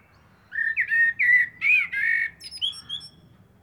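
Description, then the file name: Common blackbird song phrase of low, rich fluted notes ending in thin, high-pitched squeaky notes. "Turdus merula"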